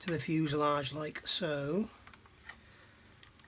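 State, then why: Seated. Someone talks as a replacement resin undercarriage bay roof is slotted into the plastic fuselage half of a 1/72 scale Modelcollect B-52 model kit. After the talking stops, a few faint ticks follow, and a sharp click at 3.2 s marks the roof seating in the fuselage.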